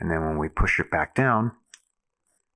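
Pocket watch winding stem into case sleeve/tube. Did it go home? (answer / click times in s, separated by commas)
yes / 1.7 s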